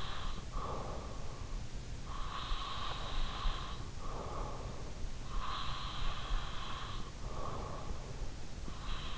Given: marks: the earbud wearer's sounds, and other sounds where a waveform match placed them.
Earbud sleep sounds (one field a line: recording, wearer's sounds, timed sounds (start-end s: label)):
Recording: sounds in sleep by an in-ear microphone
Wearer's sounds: breath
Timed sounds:
0.00-1.68 s: breath
2.26-9.18 s: breath